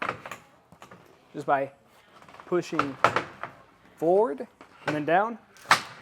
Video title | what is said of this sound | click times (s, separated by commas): Installing the Fas-Top Traveler Roll-up Tonneau & Soft Truck Topper Combo on a 2024 Jeep Galdiator | You should hear a click on either side. | 5.7 s